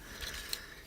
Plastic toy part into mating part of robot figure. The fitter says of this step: fit they pop them together like that